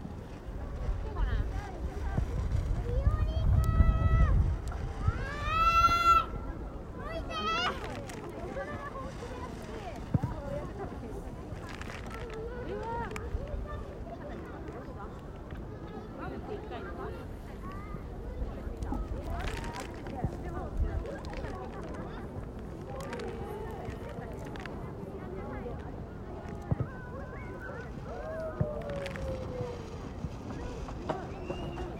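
People flying kites in Shimotakaido Oozora Park, with voices chattering and calling throughout. A heavy low rumble fills the first seven seconds, topped by high rising shouts around five to six seconds. Scattered sharp taps and knocks punctuate the steadier murmur afterward.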